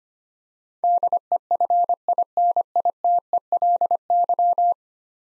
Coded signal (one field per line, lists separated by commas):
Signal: Morse code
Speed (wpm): 25 wpm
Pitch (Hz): 700 Hz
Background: none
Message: DEFINITELY